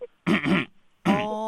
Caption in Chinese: 这个病就是很多时候是男孩子、男生、小孩子出现的啊。 特别是面部的动作啊、手部的动作啊，哦、甚至是声带的动作，声音的对呀、啊，好像这种声音。 这些情况我们都可以称呼就是抽动症啊。